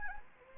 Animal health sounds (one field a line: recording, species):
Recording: mosquito wingbeat signal from an infrared sensor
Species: Anopheles gambiae